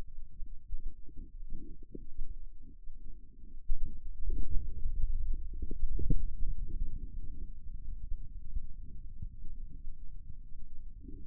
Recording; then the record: forearm muscle sounds (acoustic myography)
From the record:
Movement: inward rotation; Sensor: system 2, bracelet of six BSWA MPA416 microphones around the upper forearm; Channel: 3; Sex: male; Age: 22 years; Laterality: right